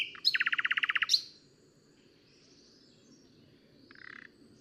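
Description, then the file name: Common nightingale song: a loud, rapid rattle of about a dozen identical notes, followed by quiet and a soft, brief buzzy phrase near the end over low background hum. "Luscinia megarhynchos"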